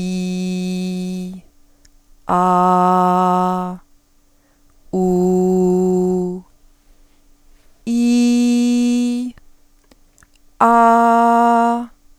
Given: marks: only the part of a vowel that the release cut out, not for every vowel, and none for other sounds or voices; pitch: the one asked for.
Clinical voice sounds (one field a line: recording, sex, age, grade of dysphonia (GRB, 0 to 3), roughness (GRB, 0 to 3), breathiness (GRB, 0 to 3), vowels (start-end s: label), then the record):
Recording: sustained vowels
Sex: female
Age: 30 to 39 years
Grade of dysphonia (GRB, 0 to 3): 0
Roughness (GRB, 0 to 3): 0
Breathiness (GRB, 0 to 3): 0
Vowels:
0.00-0.68 s: vowel /i/, normal pitch
2.50-3.31 s: vowel /a/, normal pitch
5.31-6.08 s: vowel /u/, normal pitch
7.97-9.07 s: vowel /i/, high pitch
10.81-11.57 s: vowel /a/, high pitch
From the record:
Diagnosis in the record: healthy voice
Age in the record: 38 years